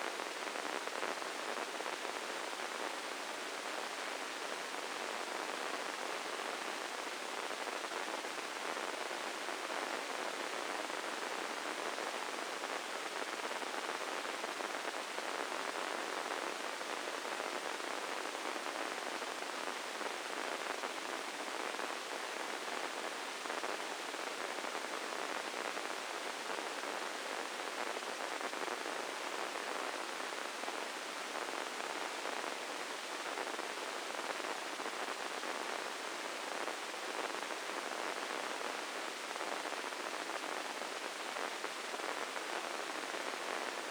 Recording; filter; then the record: brain microelectrode recording played as sound; spike band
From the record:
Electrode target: subthalamic nucleus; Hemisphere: left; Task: reaching with the right hand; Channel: 1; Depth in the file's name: 4.826 mm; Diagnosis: Parkinson's disease